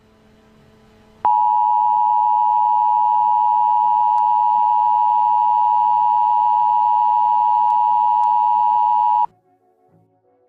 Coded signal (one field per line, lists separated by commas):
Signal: Emergency Alert System (SAME) tones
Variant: 853 and 960 Hz attention tone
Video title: EAS mock: Palisades fire